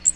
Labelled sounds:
Magnolia Warbler flight call

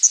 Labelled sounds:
Hooded Warbler flight call

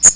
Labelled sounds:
Magnolia Warbler flight call

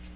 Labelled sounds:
Magnolia Warbler flight call

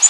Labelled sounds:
Orange-crowned Warbler flight call

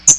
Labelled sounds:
Hooded Warbler flight call

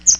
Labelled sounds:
Chestnut-sided Warbler flight call

